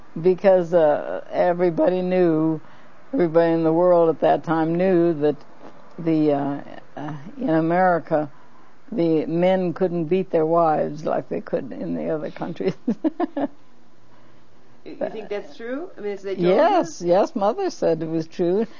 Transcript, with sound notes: Because everybody knew - everybody in the world at that time knew that the - in America the men couldn't beat their wives like they could in the other countries (laughs)
You think that's true? I mean that's what they told you?
Yes, yes mother said it was true.